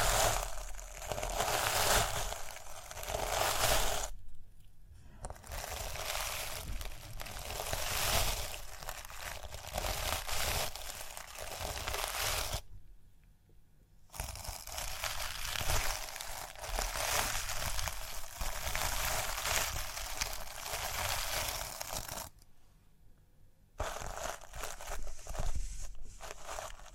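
Bright, dense scratching and brushing over rhinestones, crinkly and continuous, broken by three short silent pauses near 4, 13 and 23 seconds.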